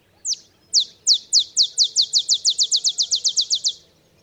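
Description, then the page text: Olive sparrow song: a bouncing-ball series of many high, sharp downslurred chips, starting slow and speeding up into a quick, even trill over roughly three and a half seconds. Simple songs like a bouncing ball, sung early morning in Texas, 50 miles north of the Mexican border. "Birdsong for the Curious Naturalist. Olive sparrow"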